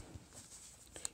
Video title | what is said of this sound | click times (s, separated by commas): Mattel Jurassic World Playleontology Kit - Unboxing, Excavation, Building, Review (3/4) | okay so that has clicked into place | 1.0 s, 1.1 s